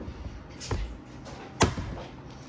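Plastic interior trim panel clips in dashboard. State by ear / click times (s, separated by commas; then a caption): released / 1.6 s. Pry tools are worked into the corner of a plastic interior trim panel in the dashboard of a 10th-gen Honda Accord to lift it. A softer knock comes at 0.7 s, then the panel clips pop out with a loud, sharp snap at 1.6 s, releasing the panel.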